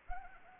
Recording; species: mosquito wingbeat signal from an infrared sensor; Anopheles arabiensis